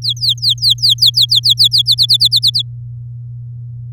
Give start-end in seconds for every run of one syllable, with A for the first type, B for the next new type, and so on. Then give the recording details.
0.02-1.82 A, 1.86-2.62 B. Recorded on 8 May 2018 at 10:09. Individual llb16